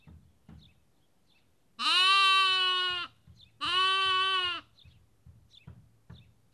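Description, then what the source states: Sheep lamb giving two long, harmonic bleats in quick succession, with soft clicks and low rustling noise in the background. Lamb, Kakopetria, Cyprus.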